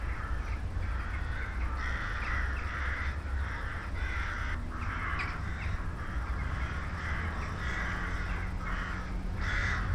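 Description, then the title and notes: Crows calling as a flock, harsh overlapping caws repeated throughout over a steady low background rumble. A flock of crows calling in the evening sky at night at St. Peter-Ording, Germany. "St. Peter-Ording, 25826 Sankt Peter-Ording, Germany - crows at night kraehen am spaeten abend. ein kraehenschwarm am abendhimmel. a swarm of crows at night sky"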